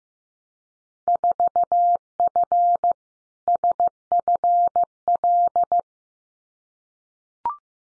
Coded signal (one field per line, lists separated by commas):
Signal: Morse code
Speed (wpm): 15 wpm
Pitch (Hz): 700 Hz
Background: none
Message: 4F SFL